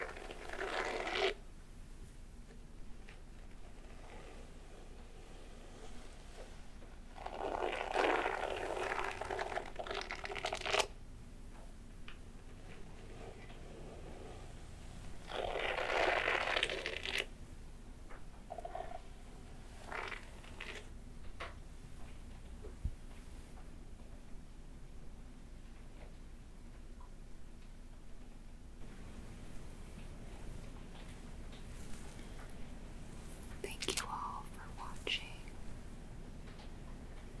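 Soft scratching and rubbing of hair and skin comes in bursts around 1, 7–10, and 15–17 seconds, with quieter brushing and light clicks between.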